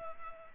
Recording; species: mosquito wingbeat signal from an infrared sensor; Culex pipiens